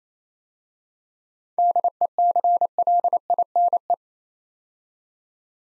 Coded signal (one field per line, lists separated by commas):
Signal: Morse code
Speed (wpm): 27 wpm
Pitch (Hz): 700 Hz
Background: none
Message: DECLINE